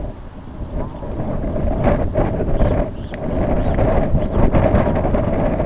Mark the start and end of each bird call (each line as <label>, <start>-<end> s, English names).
Brent Goose, 0.66-1.04 s
Red Phalarope, 2.05-5.06 s